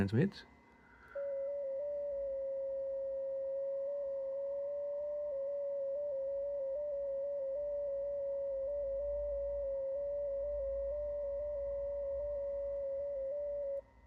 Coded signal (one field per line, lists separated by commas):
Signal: FT8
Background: speech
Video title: MBPTRX built in FT8 part 3